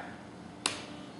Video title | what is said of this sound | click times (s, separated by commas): Ravage Nock Assembly | take the bleeder tube vein up slide it over the back till you hear a snap | 0.7 s